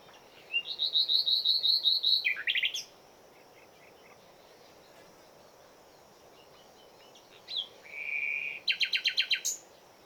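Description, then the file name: Common nightingale song: a rapid string of repeated piping notes ending in a rough buzz, a pause, then a steady whistle and a rattling pulsed series. "Luscinia megarhynchos"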